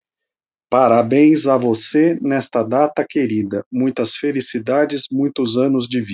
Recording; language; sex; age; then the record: short text; Brazilian Portuguese; male; 30 to 39 years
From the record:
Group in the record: control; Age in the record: 38 years